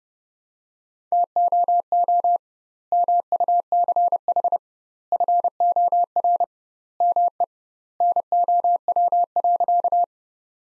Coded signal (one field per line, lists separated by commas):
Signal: Morse code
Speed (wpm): 32 wpm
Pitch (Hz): 700 Hz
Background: none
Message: TOO MUCH FOR ME NOW.